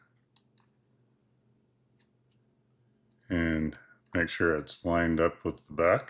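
An Oculink port module on a thin metal bracket, bent slightly to clear a lip, is pressed into its slot in the chassis of a Minisforum M1 Pro mini PC with an Intel Core Ultra 9 285H. Two short, quiet clicks sound at 0.4 s and 0.6 s as the bracket seats into place, followed by a faint low hum and then someone talking from about 3.3 s.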